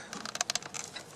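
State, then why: Seated. A plastic headlight wiring connector is pushed by hand onto the headlight bulb terminals and latches with a short burst of faint clicks, the clearest at 0.4 s and 0.5 s. The click is weak rather than a strong snap, but the connector is seated on the bulb.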